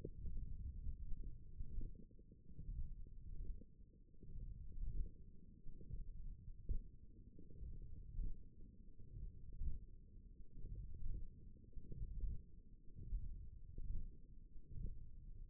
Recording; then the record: forearm muscle sounds (acoustic myography)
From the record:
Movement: hand closing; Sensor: system 1, eight BSWA MPA416 microphones around the upper forearm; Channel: 1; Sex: male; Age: 18 years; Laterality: right